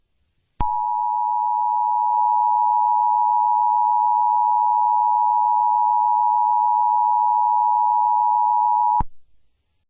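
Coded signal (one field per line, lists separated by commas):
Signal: Emergency Alert System (SAME) tones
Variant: 853 and 960 Hz attention tone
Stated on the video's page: Fictional EAS scenario, not a real alert.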